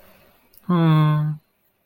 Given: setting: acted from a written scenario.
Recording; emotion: vocal sound without words; embarrassment